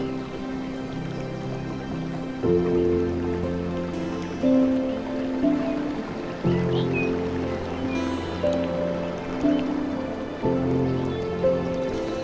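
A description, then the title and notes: Music with ocean and jungle sounds: soft sustained chords shift roughly every two seconds, with a few higher held notes floating above. Underneath runs a steady hiss of rushing, dripping water, and a faint bird-like chirp rises briefly near the middle. Sleep Music With Ocean and Jungle Sounds – Relaxing Blue Screen Scene – Ocean and Full Moon.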